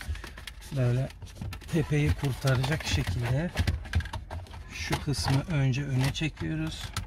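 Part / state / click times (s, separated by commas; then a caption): dashboard instrument cluster trim panel into dashboard clips / not seated / none. Someone talks while handling a dashboard instrument cluster trim panel being reinstalled into its dashboard clips, pulling the part forward first. Brief faint taps and rustles are heard near the start and around 3.9–4.1 s under the speech. Nothing has seated or clicked yet.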